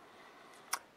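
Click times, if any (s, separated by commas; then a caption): 0.7 s. During reassembly of a Ruger PC Carbine, a pistol-caliber carbine, the recoil spring is compressed and the bolt and spring assembly is slid down into place, then pushed hard until the metal buffer plate at the rear seats into the receiver. A sharp metallic snap is heard at 0.7 s over a quiet background, and the buffer plate is seated as it should be.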